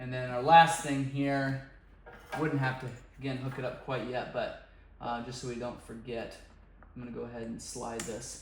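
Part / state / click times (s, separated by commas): fuel line quick connector onto ATV fuel pump outlet / not seated / none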